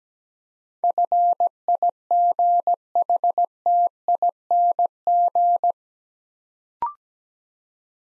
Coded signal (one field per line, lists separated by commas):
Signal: Morse code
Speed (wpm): 17 wpm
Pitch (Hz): 700 Hz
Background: none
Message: FIGHTING